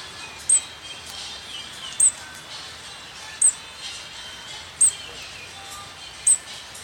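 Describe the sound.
Crimson-backed flowerpecker call: a single very high, thin clipped note repeated about every one and a half seconds over steady background hiss.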